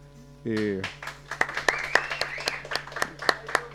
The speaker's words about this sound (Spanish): Todos los profesionales de la medicina, tremendos, todos un gran aplauso para ellos, por favor.